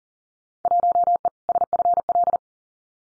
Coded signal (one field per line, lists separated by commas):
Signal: Morse code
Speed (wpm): 38 wpm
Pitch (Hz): 700 Hz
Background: none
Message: 1E SFL